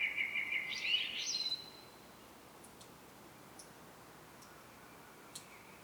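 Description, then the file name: Common blackbird giving one brief phrase that rises into a squeaky flourish, followed by near silence with a few faint clicks. "Turdus merula"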